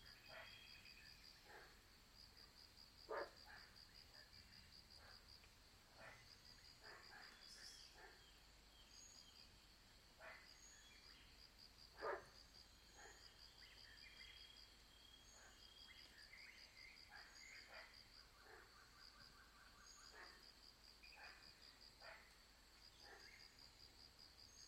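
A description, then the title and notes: Insects trill steadily and high through a night soundscape, broken every second or two by short clicking calls, with two sharper knocks near three and twelve seconds. Nature by night. Insects and amphibians dominate the nocturnal soundscape in this recording from Phong Na national park, Vietnam. Recorded by Marcel Gnauk.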